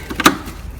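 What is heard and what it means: A joined brake wear sensor connector and wire on a BMW 335i are pressed back into the small plastic holder on the front suspension during a brake pad, rotor and sensor replacement. After a soft knock near 0.1 s, sharp snapping clicks come at 0.2 s and 0.3 s, the second being the loudest. The connector is seated in its holder.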